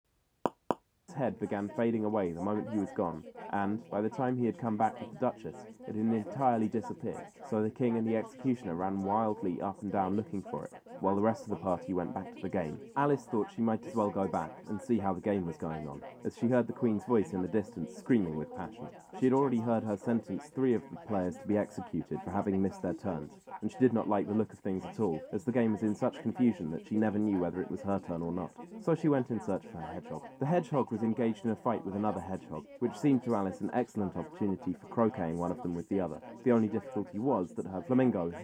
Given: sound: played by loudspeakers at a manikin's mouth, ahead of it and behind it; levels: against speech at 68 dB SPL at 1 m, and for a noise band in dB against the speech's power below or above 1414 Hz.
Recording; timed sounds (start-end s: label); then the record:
test signals for a remote microphone
0.46 s: click
0.71 s: click
1.08-38.43 s: man speaking, babble ahead at +6 dB SNR for speech at 1 m
From the record:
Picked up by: measurement microphone